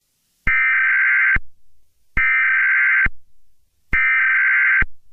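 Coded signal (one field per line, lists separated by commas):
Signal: Emergency Alert System (SAME) tones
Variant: header bursts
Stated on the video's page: Fictional EAS mock scenario as a 9/11 tribute, not a real alert.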